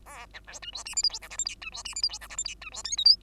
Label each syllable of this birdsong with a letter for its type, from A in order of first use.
A B C D E F G H I J K L M D E F G H I J K L M D E N O P